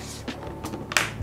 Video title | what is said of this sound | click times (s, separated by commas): Casing Macbook Paling Kuat! UAG PLYO Case for MacBook Pro 14 Review Ind | Klik-klik. Kalau udah klik tuh dia udah ngunci ya berarti ya. | 0.9 s, 1.0 s